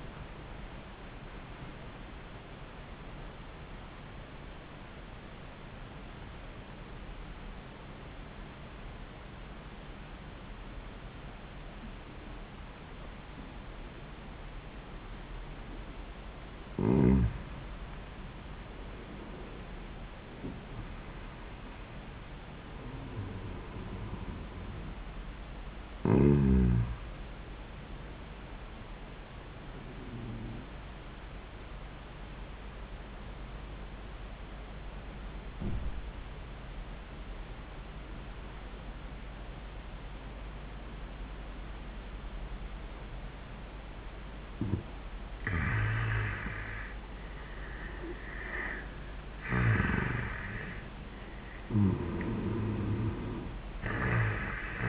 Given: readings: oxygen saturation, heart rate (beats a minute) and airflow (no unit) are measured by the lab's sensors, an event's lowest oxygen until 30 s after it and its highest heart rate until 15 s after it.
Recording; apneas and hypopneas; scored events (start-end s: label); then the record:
breathing in sleep by a voice recorder at the bedside; 2
0.00-17.00 s: awake
4.00-17.90 s: hypopnea (scored as awake, oxygen 96% highest, then 87% lowest, heart rate 111 at the start, 111 highest)
10.00-54.89 s: new sleep stage, N1 (lightest sleep)
32.00-45.90 s: obstructive apnea (N1, oxygen 96% highest, then 86% lowest, heart rate 81 at the start, 81 highest)
From the record:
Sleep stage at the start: awake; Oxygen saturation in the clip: 87 to 96%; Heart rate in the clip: 55 to 111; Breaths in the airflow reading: 6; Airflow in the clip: -6.2 to 6.7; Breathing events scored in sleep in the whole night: 400 in 8.7 hours asleep